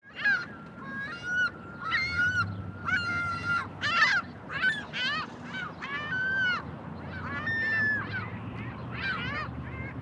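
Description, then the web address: Gulls giving loud wailing and yelping calls, long level cries mixed with rapid arched squeals throughout, over a constant low rumble. Gulls in a suburban parking lot. "Toxic Bag. seagulls suburbanparkinglot"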